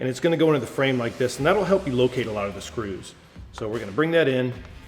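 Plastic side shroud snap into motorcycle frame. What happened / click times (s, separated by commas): Part being positioned, no seating click yet / none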